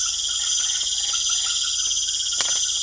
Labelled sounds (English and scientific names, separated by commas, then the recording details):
none
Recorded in secondary vegetation near Puerto Asís, Putumayo, Colombia, on 27 June 2025
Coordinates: 0.488, -76.319
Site G094